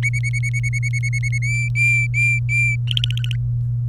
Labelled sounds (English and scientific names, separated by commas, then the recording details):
Domestic Canary (Serinus canaria) song
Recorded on 24 April 2018 at 09:11
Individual llb3